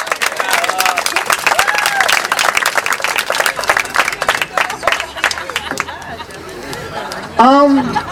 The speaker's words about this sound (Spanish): Aplaudamos el primero. Sí, bravo.